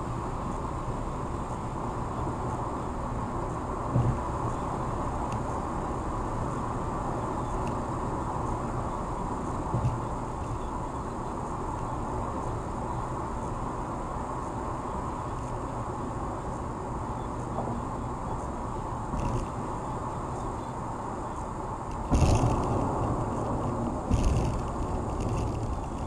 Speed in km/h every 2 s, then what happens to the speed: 109, 109, 109, 108, 106, 105, 105, 105, 105, 101, 100, 98, 95.
0-16 steady at about 106. 16-26 slows to 95.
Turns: none.